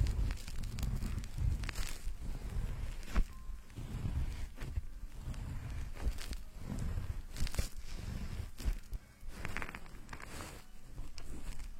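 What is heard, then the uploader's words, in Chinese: Fingers scratch through a foamy, lathered scalp, producing a dense, crackling rustle. Soft squishing strokes repeat every second or so at an uneven pace, with a low muffled rumble underneath and no voices. 洗头发 纯泡沫挠头音。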